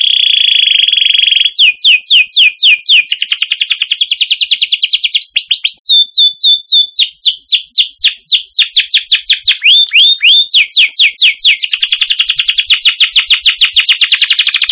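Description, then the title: Atlantic canary in long continuous song: a buzzy trill, then many rapid downward sweeps, rolling whistled phrases and a dense pulsed trill to the end. Long, very lively canary song used as a lure and tutor song (masteran) for wild canaries. "Pikat Kenari GACOR PANJANG INI Cocok Untuk Masteran KENARI LIAR"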